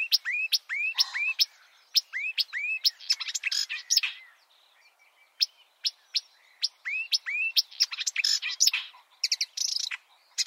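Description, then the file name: Marsh warbler song, a rapid varied medley of clicks, sharp ticks and repeated arching whistled notes, pausing briefly midway before resuming in a dense chatter. "suara-kicauan-burung-marsh-warbler -omkicau"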